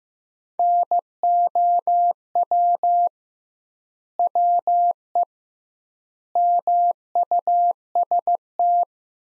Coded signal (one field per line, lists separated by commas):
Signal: Morse code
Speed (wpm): 15 wpm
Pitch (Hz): 700 Hz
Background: none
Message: NOW WE MUST